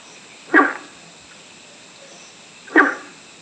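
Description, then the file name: Guenther's frog: two short, rough, dog-like barks a little over two seconds apart, with soft hiss between them. "Rana guentheri"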